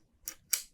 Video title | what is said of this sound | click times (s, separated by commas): Zhiyun Weebill 3E CINEPEER gimbal - Complete beginners Guide - Start Here - Tutorial PART 2 | you will hear the click again | 0.3 s, 0.5 s